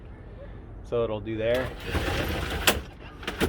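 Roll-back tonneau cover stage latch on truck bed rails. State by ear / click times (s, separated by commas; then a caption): seated / 2.7 s. A roll-back tonneau cover on a truck bed's rails is pulled partly closed, and its stage latch clicks into the first position at 2.7 s. Someone talks over a low background rumble, and the latch is seated.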